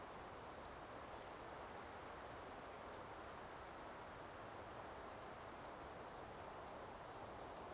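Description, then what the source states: Cicada song: a high, thin buzzing pulse repeated steadily throughout, over a constant broad hiss. Forest, daytime.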